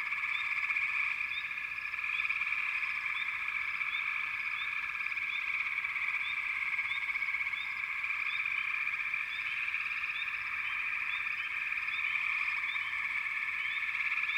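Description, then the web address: Many frogs calling together in a continuous buzzing chorus, with brief upward-sweeping notes scattered across it. "Natures Songs Nature Sounds Sounds of Nature Collection 28 Frog Chourus"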